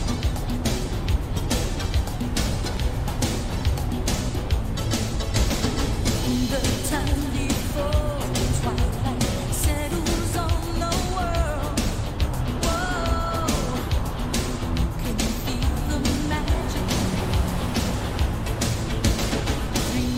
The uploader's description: the sounds of distant waves against the coast you're driving along, with the crackle of the radio and the rather comforting sounds of the vehicle around you